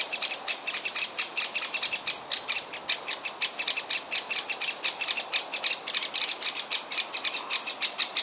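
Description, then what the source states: Eurasian blackbird giving fast, hard chink notes in an unbroken repeated series, several each second. Fuss call.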